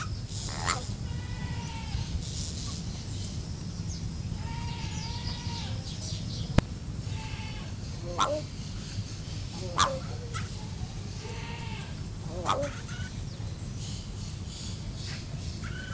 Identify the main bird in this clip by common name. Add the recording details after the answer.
Yellow-faced Myna. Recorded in captivity. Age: adult. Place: Zoo Halle, Sachsen-Anhalt, DE. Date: 2005-10-10 11:50. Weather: overcast, 10°C. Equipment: Panasonic RQ-2102, Sennheiser ME 80, Kopie Uher 4000 Report Monitor. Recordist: Tembrock, Günter. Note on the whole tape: Zwei Tiere: diverse Kurzlaute